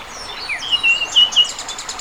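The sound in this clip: Bird calls: a quick run of high, thin whistled chirps and short trills, several notes bunched together over about a second, with steady background noise.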